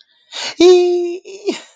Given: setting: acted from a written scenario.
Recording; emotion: vocal sound without words; elation